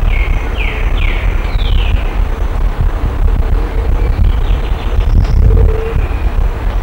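Bird giving four clear descending whistled notes in quick succession, then quieter notes, against a heavy background rumble of traffic.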